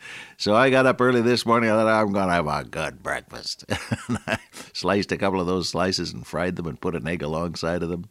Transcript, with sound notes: So I got up early this morning I thought, “I’m gonna have a good breakfast”. [chuckle] And I sliced a couple of those slices and fried them and put it an egg along side of them.